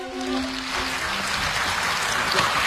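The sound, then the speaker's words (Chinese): An audience applauds steadily at a Beijing crosstalk (xiangsheng) performance by Fu Qiang and Shi Fukuan, dense overlapping clapping that holds at an even level throughout, with a brief sustained tone fading out under it at the very start. “谢谢大家， 谢谢各位的掌声。”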